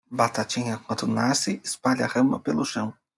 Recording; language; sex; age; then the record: short text; Brazilian Portuguese; male; 30 to 39 years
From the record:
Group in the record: control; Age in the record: 35 years